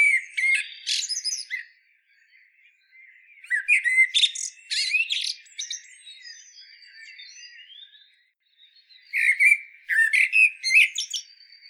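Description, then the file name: Common blackbird singing, repeated phrases of mellow lower notes breaking into high scratchy twitters, with quiet gaps between phrases. "Turdus merula"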